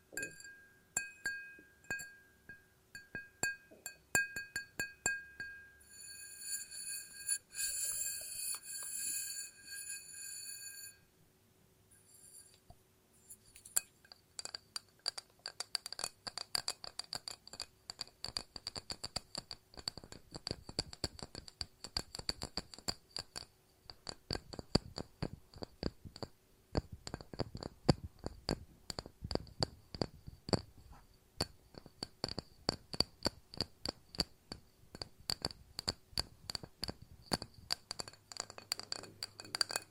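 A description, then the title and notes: Glass is tapped in quick, irregular clinks throughout, with a bright sustained ringing tone between about six and eleven seconds. ASMR No Talking Glass Tapping and Ringing Sounds.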